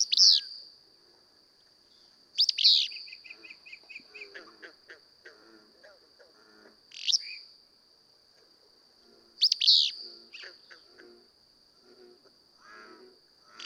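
Willow flycatcher song: sharp, sneezy two-part bursts about every two to five seconds, over a steady high insect whine and softer background birds.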